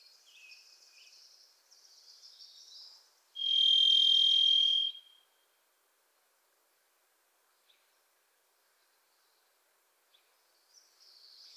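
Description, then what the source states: Varied thrush: faint high twittering from another bird, then a varied thrush's long, even, buzzy whistle, followed by near silence and soft chips. Wild bird in Pacific Northwest forest; its voice is likened to crying "Listen. Listen."; a Wilson's Warbler sings alongside.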